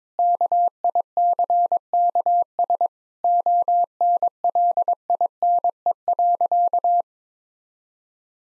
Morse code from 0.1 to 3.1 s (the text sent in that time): KICKS